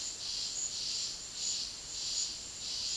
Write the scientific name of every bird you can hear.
none